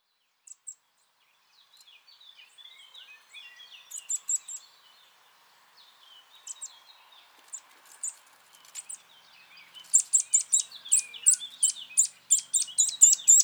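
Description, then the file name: Eurasian nuthatch calls, sharp high notes given sparsely at first, then a fast excited series near the end, over a busy background chatter of lower descending chirps. "Sitta europaea"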